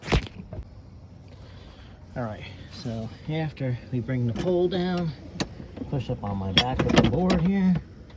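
On a Coleman Santa Fe pop-up camper with the bed pulled out, the metal bed support pole is brought down toward its bracket while the board is pushed up from below, and someone talks throughout. A few brief knocks sound in the first 0.6 s. The pole has not clicked or seated into place yet when the clip ends.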